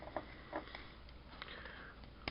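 During the transformation of a Transformers Studio Series 86-04 Hot Rod action figure, the plastic tab on the back of its fin section is wiggled and pushed into the leg assembly, which takes a little effort. Several small plastic knocks sound during the wiggling, around 0.2 s and 1.4 s. A final sharp snap at 2.3 s marks the tab seating in the legs.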